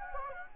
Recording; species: mosquito wingbeat signal from an infrared sensor; Anopheles gambiae